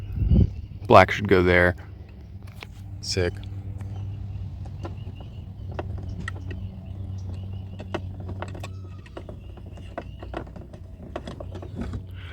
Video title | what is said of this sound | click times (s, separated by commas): $25 x4 Corner LED's for the MX5 ND? Front Install (AliExpress Chine$e Special) | all right so there's no satisfying click which | none